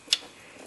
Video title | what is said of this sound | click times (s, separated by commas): Replacing the alternator 2000 Toyota 4 Runner | connector in the back till it snaps in | 0.1 s